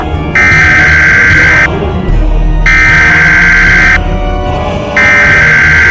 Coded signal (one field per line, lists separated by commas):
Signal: Emergency Alert System (SAME) tones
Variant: header bursts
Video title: EAS Scenario: The Shadow Plague